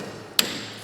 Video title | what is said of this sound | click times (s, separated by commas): Ford Fiesta 1.6 TDCI Diesel Fuel Filter (2008 on) | connect the inlet till it clicks | 0.4 s